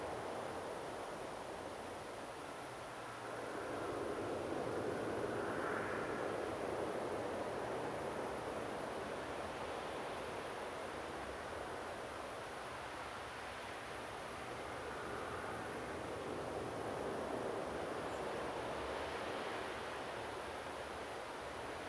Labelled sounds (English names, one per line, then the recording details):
European Robin
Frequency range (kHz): European Robin 6.6-8.6 kHz
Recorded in France